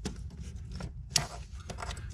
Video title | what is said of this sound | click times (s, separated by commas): JLT Intake 2021+ Durango Hellcat | line up with the fitting on the sensor you'll hear it snap in and | 1.2 s